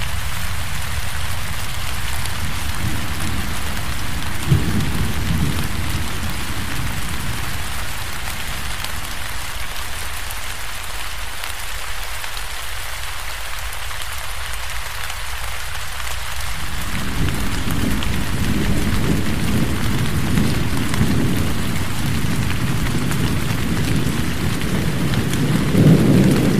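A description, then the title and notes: Steady, dense rain hisses evenly throughout, with a low rumble of thunder swelling near five seconds and again from seventeen seconds on. Forest Rain Sounds. Thunderstorm White Noise.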